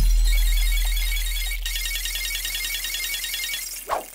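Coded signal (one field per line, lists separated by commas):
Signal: none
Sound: intro music beeps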